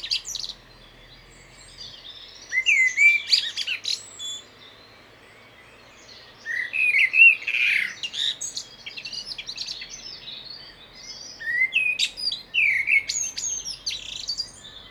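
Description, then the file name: Common blackbird sings three phrases of whistled notes and sharp high twitters, separated by quieter gaps. "Turdus merula"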